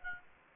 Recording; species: mosquito wingbeat signal from an infrared sensor; Aedes aegypti